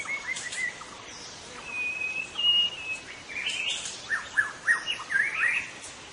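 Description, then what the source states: White-rumped shama song: varied clear whistles and a long level note near the middle, then quick rising and falling phrases, over a steady hiss of insects or background noise. Wild forest-dwelling white-rumped shama, called murai batu hutan in Indonesian.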